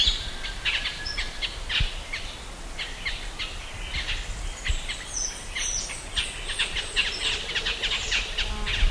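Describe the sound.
Bird calling: many short chirps repeated throughout, joined midway by a run of very high whistled notes, over steady background noise.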